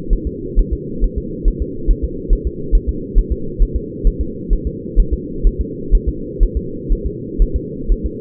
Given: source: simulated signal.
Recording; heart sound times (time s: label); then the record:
fetal heart sounds
0.13 s: S1
0.27 s: S2
0.59 s: S1
0.73 s: S2
1.04 s: S1
1.18 s: S2
1.48 s: S1
1.62 s: S2
1.91 s: S1
2.04 s: S2
2.33 s: S1
2.47 s: S2
2.75 s: S1
2.89 s: S2
3.18 s: S1
3.32 s: S2
3.62 s: S1
3.76 s: S2
4.07 s: S1
4.21 s: S2
4.53 s: S1
4.67 s: S2
5.00 s: S1
5.13 s: S2
5.47 s: S1
5.61 s: S2
5.95 s: S1
6.09 s: S2
6.43 s: S1
6.57 s: S2
6.93 s: S1
7.06 s: S2
7.42 s: S1
7.56 s: S2
7.92 s: S1
8.06 s: S2
From the record:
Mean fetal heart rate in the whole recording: 130 bpm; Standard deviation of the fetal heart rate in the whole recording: 4 bpm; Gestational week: 38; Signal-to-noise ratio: -4.3 dB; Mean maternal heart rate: 72 bpm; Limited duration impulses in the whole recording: absent